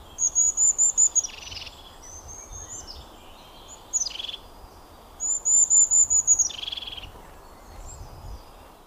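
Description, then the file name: Crested tit giving bursts of high, fast trilled calls that drop into a lower buzzy churr, with pauses between, over a steady low background hiss. "Cincia Dal Ciuffo"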